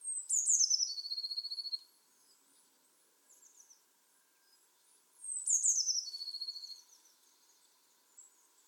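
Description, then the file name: Eurasian blue tit repeating a high, sharp descending phrase that runs into a quick trill, heard twice roughly five seconds apart. "Cyanistes caeruleus"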